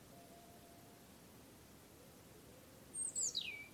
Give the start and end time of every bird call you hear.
2.92s-3.67s: European Robin

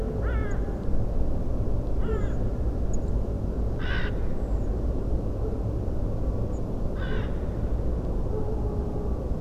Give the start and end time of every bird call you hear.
0.23s-0.56s: Carrion Crow
0.50s-0.54s: Song Thrush
2.01s-2.34s: Carrion Crow
2.05s-2.37s: Redwing
2.92s-2.96s: Song Thrush
3.79s-4.10s: Carrion Crow
4.36s-4.67s: Redwing
6.52s-6.59s: European Robin
6.96s-7.26s: Carrion Crow

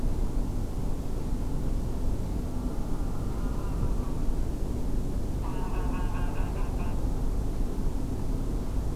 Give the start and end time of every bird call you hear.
3.39s-3.73s: Greylag Goose
5.43s-6.93s: Greylag Goose

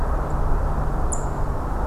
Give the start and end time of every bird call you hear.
0.29s-0.32s: Song Thrush
1.10s-1.15s: Song Thrush

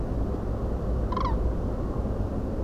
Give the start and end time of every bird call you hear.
1.11s-1.32s: Common Crane

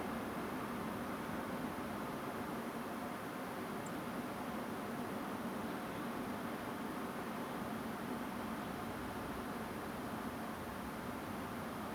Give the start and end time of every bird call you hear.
3.85s-3.89s: Song Thrush

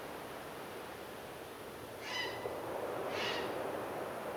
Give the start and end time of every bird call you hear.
2.00s-2.60s: Grey Heron
3.09s-3.57s: Grey Heron

